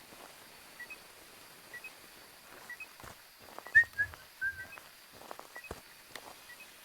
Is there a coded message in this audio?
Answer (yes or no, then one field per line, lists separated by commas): no